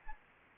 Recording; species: mosquito wingbeat signal from an infrared sensor; Anopheles gambiae